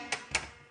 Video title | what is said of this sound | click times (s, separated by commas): HobbyMaker Live | click into place lock very well and you can see here just look how strong and sturdy | 0.1 s, 0.4 s